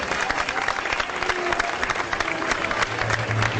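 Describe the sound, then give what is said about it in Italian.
A crowd applauds the fathers at a festival day in Barra, many hands clapping in a dense, continuous patter at an even loudness, with a faint low hum and scattered voices underneath. “Volete fare un applauso ai padri?”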